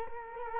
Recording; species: mosquito wingbeat signal from an infrared sensor; Culex quinquefasciatus